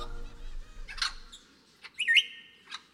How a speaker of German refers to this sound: herrschaftliche Altbauwohnung in Wien. Biedermeier-Möbel. Mehrere Vogelkäfige, in denen sich Papageien befinden. Die Papageien geben hin und wieder Laute von sich.